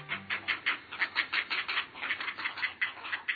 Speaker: Hear those chicks calling? They're nestlings at a great blue heron colony, and about this time of year, they begin to test the limits of their nests.